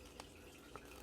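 A removable plastic rocket piece is pushed into a bootleg minifigure's jetpack. Two short, sharp clicks are heard at 0.2 s and 0.8 s over a low steady background. The rocket seats into the jetpack.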